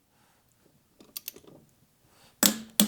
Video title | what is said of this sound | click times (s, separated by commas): Lay Down the GOLDWING to Remove Rear Wheel | twist it put pressure on there so we click it we tighten it till we hear a click listen | 2.8 s